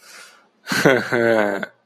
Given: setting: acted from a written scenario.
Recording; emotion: vocal sound without words; pride